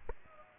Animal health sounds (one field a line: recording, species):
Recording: mosquito wingbeat signal from an infrared sensor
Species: Aedes aegypti